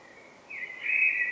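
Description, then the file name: Common blackbird call, a short steady whistled note that grows louder and slightly richer toward the end. "Turdus merula"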